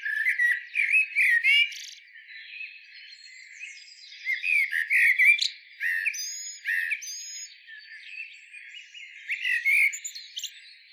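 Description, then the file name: Eurasian blackbird delivering a run of melodious whistled phrases mixed with thin high squeaks and twitters, fairly continuous throughout. "Turdus merula"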